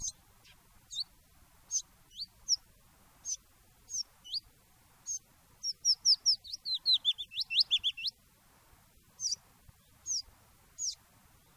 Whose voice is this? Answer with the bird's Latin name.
Phylloscopus trochilus